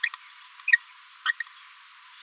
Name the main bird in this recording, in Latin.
Forpus passerinus